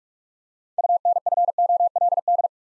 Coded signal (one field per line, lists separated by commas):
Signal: Morse code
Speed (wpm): 45 wpm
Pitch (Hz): 700 Hz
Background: none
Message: UNFOLD